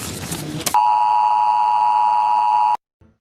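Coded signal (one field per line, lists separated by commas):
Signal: Emergency Alert System (SAME) tones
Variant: 853 and 960 Hz attention tone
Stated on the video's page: Alert tones taken from online videos, used in a fictional zombie scenario production.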